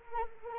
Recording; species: mosquito wingbeat signal from an infrared sensor; Anopheles arabiensis